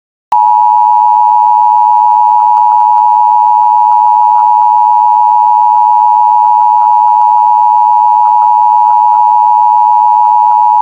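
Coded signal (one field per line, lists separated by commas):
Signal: Emergency Alert System (SAME) tones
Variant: 853 and 960 Hz attention tone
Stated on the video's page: Mock EAS transmission with valid tones.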